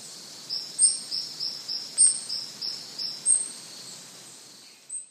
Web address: Natures Songs S America Eastern Lowlands. Heliodoxa aurescens, call male